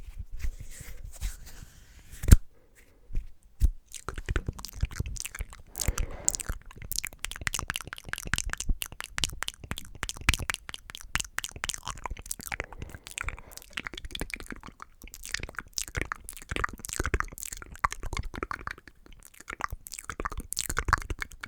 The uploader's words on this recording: ASMR The BEST Mouth Sounds & Hand Sounds Lofi Cam (Fast & Aggressive).